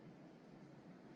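A small metal laptop screw, held over its hole in the laptop chassis while an Intel BE200 WiFi 7 Bluetooth 5.4 network card is being installed, is turned counter-clockwise to find the start of the thread. Only a steady, low, even hum is heard, with no sharp sounds. Nothing has seated or clicked yet.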